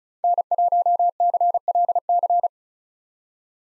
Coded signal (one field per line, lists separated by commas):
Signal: Morse code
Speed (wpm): 34 wpm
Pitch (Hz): 700 Hz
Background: none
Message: N1CLC